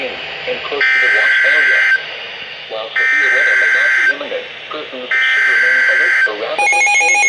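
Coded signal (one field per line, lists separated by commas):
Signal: Emergency Alert System (SAME) tones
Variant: header bursts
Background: speech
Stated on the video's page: Alerts received from weather radio transmitters on 162.425–162.550 MHz and from FM and AM broadcast stations.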